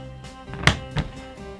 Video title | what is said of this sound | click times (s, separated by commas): Level 8 Vintage Luggage Set - First Impressions | clicks in and you can hear it and feel it and they're not going to pop out okay | 0.7 s